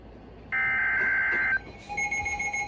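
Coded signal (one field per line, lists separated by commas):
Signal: Emergency Alert System (SAME) tones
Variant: header bursts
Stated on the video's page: Severe thunderstorm warning from weather radio station KIG86, Columbus, Ohio.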